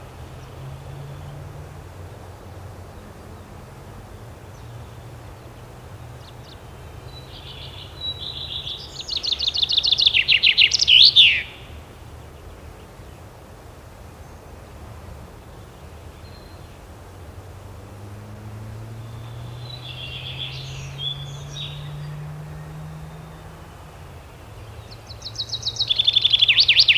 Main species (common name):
Common Chaffinch